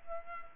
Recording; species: mosquito wingbeat signal from an infrared sensor; Culex pipiens